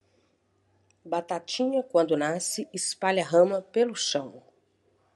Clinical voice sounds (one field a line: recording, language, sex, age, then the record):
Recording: short text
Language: Brazilian Portuguese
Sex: female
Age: 40 to 49 years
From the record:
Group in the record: control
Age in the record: 46 years